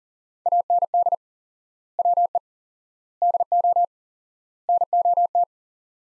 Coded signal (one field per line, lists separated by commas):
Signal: Morse code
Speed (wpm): 40 wpm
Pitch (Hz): 700 Hz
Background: none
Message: AND WE DO NOT